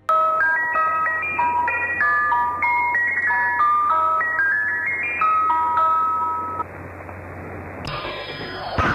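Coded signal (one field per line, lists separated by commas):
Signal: numbers station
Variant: Swedish Rhapsody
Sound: a tinkling music-box tune of clear stepped notes over a low hum, then a burst of hiss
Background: low hum, radio static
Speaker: And this is a German station, known by radio enthusiasts as the Swedish Rhapsody. It uniquely features a really creepy little girl.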